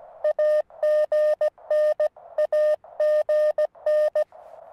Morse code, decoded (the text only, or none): AGN AGN